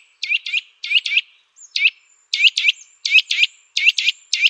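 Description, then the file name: Eurasian nuthatch calls: sharp, high, emphatic notes given singly or in quick pairs, irregularly repeated throughout. "KOWALIK"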